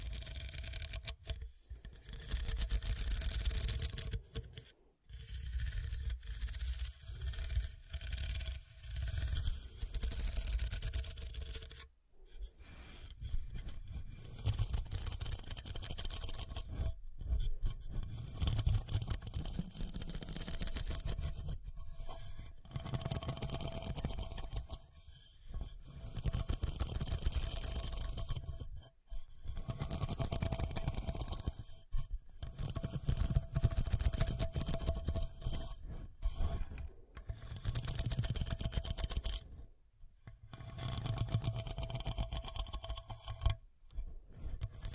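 Scratching noise comes in long rough bursts that fill the whole range from deep rumble to hiss, broken by short silent gaps every few seconds. The sound stays dense and gritty within each burst, with faint steady tones running underneath.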